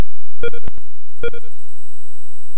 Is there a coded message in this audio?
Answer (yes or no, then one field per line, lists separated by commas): no